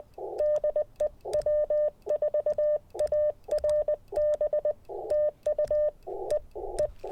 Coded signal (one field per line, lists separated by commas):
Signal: Morse code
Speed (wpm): 20 wpm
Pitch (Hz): 600 Hz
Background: none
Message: DE W4ARB TU E E